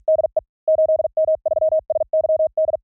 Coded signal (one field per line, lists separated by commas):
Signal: Morse code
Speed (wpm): 48 wpm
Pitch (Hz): 630 Hz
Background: none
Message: DE 8M3SYD